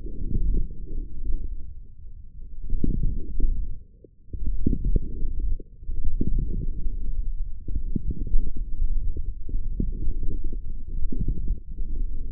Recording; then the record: forearm muscle sounds (acoustic myography)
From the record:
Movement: forearm pronation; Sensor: system 1, eight BSWA MPA416 microphones around the upper forearm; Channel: 5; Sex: male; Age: 18 years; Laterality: right